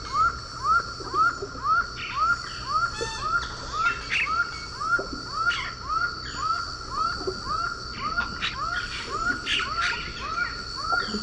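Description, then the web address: Laughing falcon in a rapid run of short, upward-inflected 'ha' notes, about two per second, over chirping insects and scattered bird calls. Recorded in Ecuador. "Natures Songs S America Birds of Ecuador Laughing Falcon"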